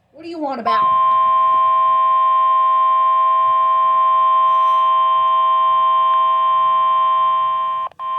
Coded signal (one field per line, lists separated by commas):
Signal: Emergency Alert System (SAME) tones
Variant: 1050 Hz attention tone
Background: speech